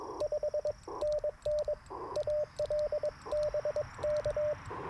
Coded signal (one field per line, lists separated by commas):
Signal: Morse code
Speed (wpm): 22 wpm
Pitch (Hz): 600 Hz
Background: radio noise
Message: 5NN AL BK